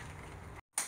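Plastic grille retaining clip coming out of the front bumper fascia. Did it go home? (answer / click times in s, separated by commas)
released / 0.8 s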